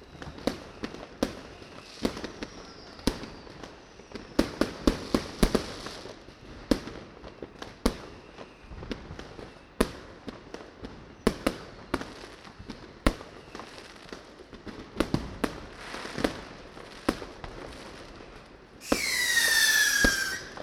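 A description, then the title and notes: New Year's Eve fireworks pop and bang throughout, with sharp reports arriving irregularly, sometimes in quick clusters around five to seven seconds. A low rumble of the city fills the gaps, and near the end a loud hissing, whistling rocket rushes up. Fireworks (Ellekomstraat, Den Haag, January 1st 2012). Fireworks on new years eve.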